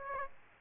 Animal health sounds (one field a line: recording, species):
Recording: mosquito wingbeat signal from an infrared sensor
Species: Aedes aegypti